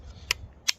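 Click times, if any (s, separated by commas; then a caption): 0.3 s, 0.7 s. A plastic tech-lock style belt fastener clip on a kydex knife sheath is snapped closed. Two sharp, bright mechanical clicks are heard at 0.3 s and 0.7 s over a low background rumble. The clip seats shut.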